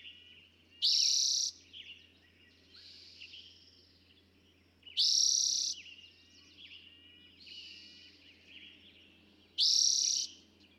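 Eastern towhee singing a bright, buzzy trilled phrase three times, roughly every four to five seconds, with varied softer chirping between.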